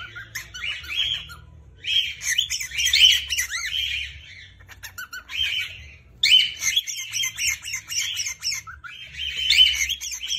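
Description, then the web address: Cockatiel giving shrill, raspy screams in irregular clusters, with a few rising whistled squeals mixed in and brief pauses between bouts. Screams of a female and a male cockatiel. "cockatiel. صدای-جیغ-عروس-هلندی-ماده-و-نر"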